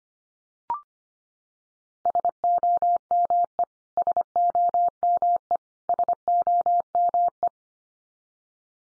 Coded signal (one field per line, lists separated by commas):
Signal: Morse code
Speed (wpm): 25 wpm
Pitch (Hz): 700 Hz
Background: none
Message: SOME SOME SOME